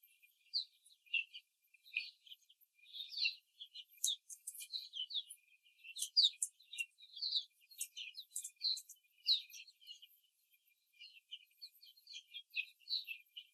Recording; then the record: young laying hens in a cage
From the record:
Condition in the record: after the stressor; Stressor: simulated dog barking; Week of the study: 3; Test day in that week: 1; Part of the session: 1